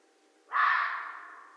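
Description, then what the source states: Red fox call: one harsh, hoarse bark with a sudden start that slowly fades, against a quiet background. Recorded 13 January 2012.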